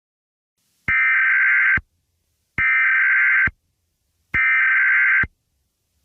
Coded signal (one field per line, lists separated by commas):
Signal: Emergency Alert System (SAME) tones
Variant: header bursts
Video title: EAS Scenario #7: Code Blue